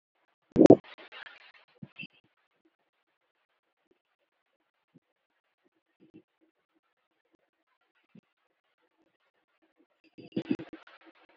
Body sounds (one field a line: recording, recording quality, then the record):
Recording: shallow breathing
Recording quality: excellent, no background noise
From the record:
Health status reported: exposed to COVID-19, no respiratory illness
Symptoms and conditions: hypertension, diabetes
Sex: male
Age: 46 years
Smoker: not ticked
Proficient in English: yes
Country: India